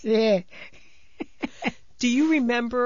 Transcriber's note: she laughs